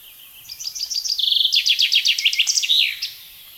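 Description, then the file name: Common chaffinch song, a quick rattling series of bright notes that steps down in pitch and ends with a flourish. "Fringilla coelebs"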